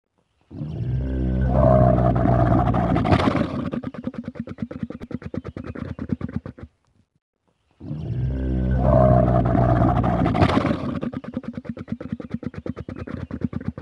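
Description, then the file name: Camel bellowing: a deep, harmonic groaning roar that breaks into rapid, throbbing gurgles, heard twice with a short silence between. "Deve Sesi"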